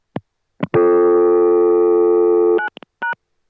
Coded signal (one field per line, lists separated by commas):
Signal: telephone call progress tone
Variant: North America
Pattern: dial tone